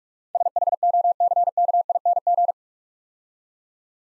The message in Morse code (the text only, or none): SHOCKING